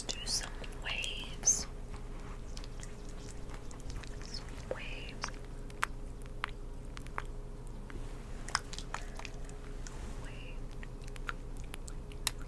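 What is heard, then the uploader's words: Lotion is worked on a surface with wet squelches and sticky smacks, clustered in the first two seconds and returning around five and ten seconds. Sharp little clicks dot the quiet between them, over a steady low hum. ASMR Spit Painting . But With A Twist (Lotion Painting).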